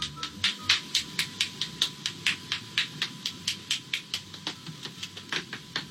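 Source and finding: Adult cracking joints. Joint cracking (cavitation).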